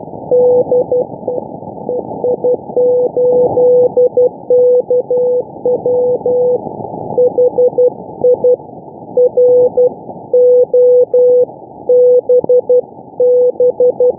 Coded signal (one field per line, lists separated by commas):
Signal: Morse code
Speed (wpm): 12 wpm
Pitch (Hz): 500 Hz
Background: none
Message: D EI8KW HI ROBB